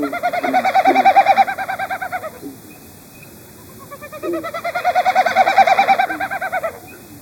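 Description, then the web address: Wilson's snipe giving two rapid pulsing series of hollow notes, each a few seconds long, swelling in loudness and then fading, separated by a short quiet gap. "Zoo Field Guide"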